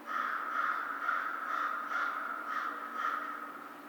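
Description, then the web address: American crow cawing in a series of hoarse notes, muffled against a constant hiss. Recorded on 2 March 2010. "Crow 2010 03 02 American Crow"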